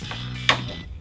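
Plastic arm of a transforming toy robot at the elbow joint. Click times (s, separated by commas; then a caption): 0.5 s. Someone folds the plastic hands of a Hasbro Transformers Combiner Wars Titan Class Devastator toy robot down at the elbow joints, and the arms snap into place with a loud, sharp click at 0.5 s. A steady low tonal hum runs underneath, and a fainter tap is heard near 1.0 s.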